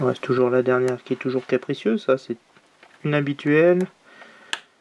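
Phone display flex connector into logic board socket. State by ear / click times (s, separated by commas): seated / 4.5 s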